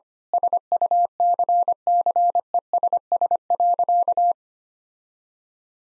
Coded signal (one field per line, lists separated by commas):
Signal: Morse code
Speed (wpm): 25 wpm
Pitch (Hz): 700 Hz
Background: none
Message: SUCCESS.